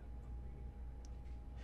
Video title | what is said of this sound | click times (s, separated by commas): Troubleshooting Your Desktop Apex Gaming PC | and securing it with an audible click re-secure | 1.1 s